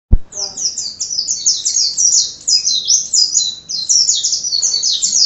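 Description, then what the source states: White-eye song: a sharp click at the start, then a dense, very high, rapid chatter of tumbling notes running without a break. Song in the ngerol style; recording used as tutor audio for training birds.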